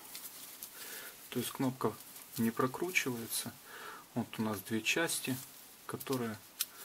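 Someone talks while handling the two halves of a leather snap button. Short faint ticks occur during the speech, but nothing has seated or clicked yet; the halves are not snapped together by the end.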